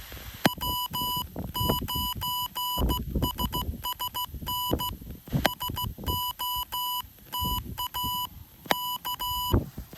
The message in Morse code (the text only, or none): W9SSN SOTA K